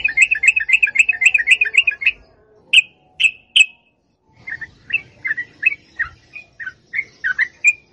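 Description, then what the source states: Yellow-vented bulbul song: a fast rhythmic string of chirps, a few spaced sharp notes, then a looser run of varied warbling phrases. Known locally as trucukan; long rapid song style (ropel panjang) used as a masteran tutor recording for songbirds.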